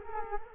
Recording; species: mosquito wingbeat signal from an infrared sensor; Culex quinquefasciatus